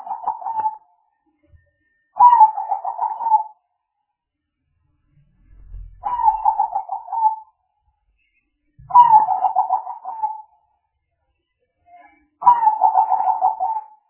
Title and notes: Pikat Burung Tekukur. Kumpulan suara burung tekukur